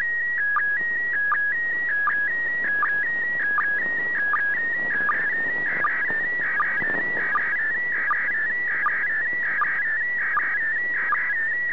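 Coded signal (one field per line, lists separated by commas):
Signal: SSTV (slow-scan television)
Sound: warbling tone shifting between two pitches, with short low chirps about every 0.8 seconds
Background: radio static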